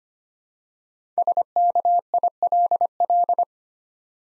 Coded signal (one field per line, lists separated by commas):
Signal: Morse code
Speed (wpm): 25 wpm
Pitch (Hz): 700 Hz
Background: none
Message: SKILL